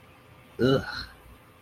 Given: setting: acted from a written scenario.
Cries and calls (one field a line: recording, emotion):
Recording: vocal sound without words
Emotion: disgust